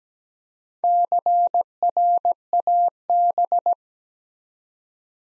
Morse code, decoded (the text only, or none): CRAB